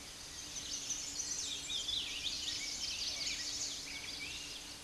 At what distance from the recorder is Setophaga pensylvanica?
about 35 m